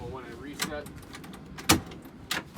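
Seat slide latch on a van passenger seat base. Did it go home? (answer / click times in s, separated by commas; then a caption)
yes / 1.7 s. Someone talks while the fore-aft slide of a van passenger swivel seat base is reset on a Metris Anacapa. The metal seat slide latch clicks home sharply at 1.7 s, and the seat is locked in place. A second, softer knock follows at about 2.3 s.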